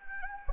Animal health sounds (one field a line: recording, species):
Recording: mosquito wingbeat signal from an infrared sensor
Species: Anopheles gambiae